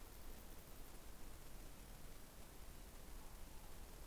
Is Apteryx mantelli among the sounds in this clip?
no